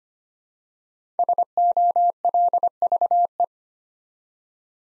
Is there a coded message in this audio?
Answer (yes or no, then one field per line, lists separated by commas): yes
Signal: Morse code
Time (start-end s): 1.2-3.5 s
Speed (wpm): 25 wpm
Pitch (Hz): 700 Hz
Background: none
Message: SOLVE